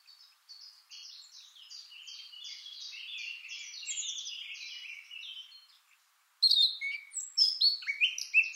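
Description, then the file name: Eurasian blackcap: a long soft, scratchy chattering warble, a brief pause, then a louder burst of clear fluty warbling notes. "Sylvia atricapilla"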